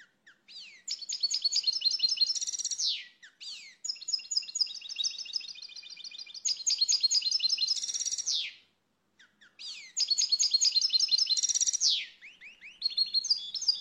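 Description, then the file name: Finch singing long, fast tinkling twitters with buzzy trills, three extended phrases separated by brief pauses. "Canto do pintassilgo"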